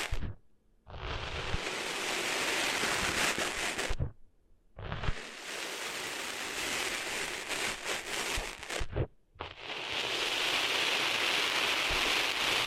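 Cleaning sand out of the ears: three long bursts of dense, scratchy rushing noise, each about three to four seconds, separated by brief near-silent gaps. Each burst begins with a low thump, and the hiss stays steady and bright until it abruptly stops.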